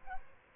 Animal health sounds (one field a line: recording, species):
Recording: mosquito wingbeat signal from an infrared sensor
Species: Aedes albopictus